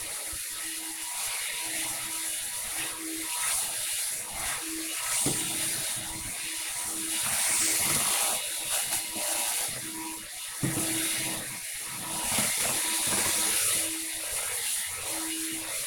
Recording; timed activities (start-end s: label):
household activities, microphone on the right wrist
0.00-15.87 s: vacuum cleaning